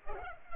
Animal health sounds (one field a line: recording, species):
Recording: mosquito wingbeat signal from an infrared sensor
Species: Culex pipiens